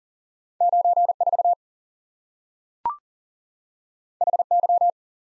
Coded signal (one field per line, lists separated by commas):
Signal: Morse code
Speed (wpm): 40 wpm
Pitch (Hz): 700 Hz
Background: none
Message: 9 4 H Y